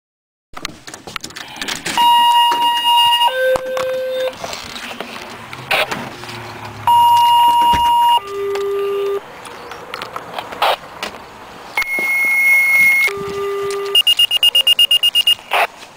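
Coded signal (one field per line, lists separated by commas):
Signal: two-tone page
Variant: Motorola Minitor V pager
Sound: three pairs of steady tones, each high then low, then fast pulsing alert beeps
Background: vehicle noise, voices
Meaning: Sequential tone pairs activate fire pagers to dispatch Engine 5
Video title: Minitor V pager Fire tones,Engine 5 response,Richardson Park 9-17-08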